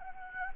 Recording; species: mosquito wingbeat signal from an infrared sensor; Anopheles gambiae